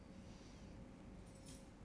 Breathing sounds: one breath in and out by a microphone near the nose and mouth; normal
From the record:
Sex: male

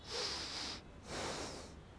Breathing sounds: one breath in and out by a microphone near the nose and mouth; deep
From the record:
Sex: male

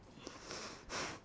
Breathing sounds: one breath in and out by a microphone near the nose and mouth; strong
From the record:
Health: marked as sick, illness not named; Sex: female

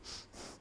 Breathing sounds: one breath in and out by a microphone near the nose and mouth; strong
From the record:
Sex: male

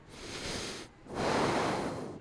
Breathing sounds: one breath in and out by a microphone near the nose and mouth; deep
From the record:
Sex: male

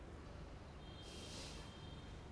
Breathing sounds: one breath in and out by a microphone near the nose and mouth; normal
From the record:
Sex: male

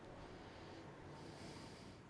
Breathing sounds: one breath in and out by a microphone near the nose and mouth; normal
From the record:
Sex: male

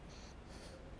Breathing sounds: one breath in and out by a microphone near the nose and mouth; strong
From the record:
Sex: male

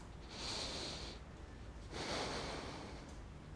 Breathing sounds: one breath in and out by a microphone near the nose and mouth; deep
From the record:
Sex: male

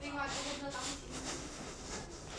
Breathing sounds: one breath in and out by a microphone near the nose and mouth; strong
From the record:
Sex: male

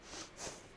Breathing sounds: one breath in and out by a microphone near the nose and mouth; strong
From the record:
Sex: female

